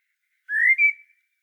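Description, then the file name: Common blackbird giving a single smooth whistle that slides upward and then holds steady, under a second long. "Turdus merula"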